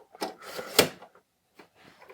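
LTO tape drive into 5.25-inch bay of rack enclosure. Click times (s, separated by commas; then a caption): 0.8 s. An LTO tape drive tray is pushed home into the 5.25-inch bay of a rack enclosure, with a scraping slide from about 0.2 s to 1.0 s. A sharp click at 0.8 s marks it seating in the bay, followed by a few faint knocks. The drive is then checked and confirmed clicked in place.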